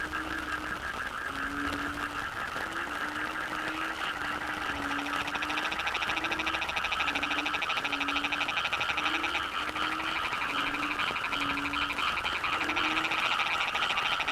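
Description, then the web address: Frogs in chorus, a continuous buzzing wash of fast pulsed calls over short repeated low tonal notes. Wetland frog chorus recorded at Cherating wetlands, Malaysia. "yamaha frogs cherating wetlands. audio soundscape malaysia"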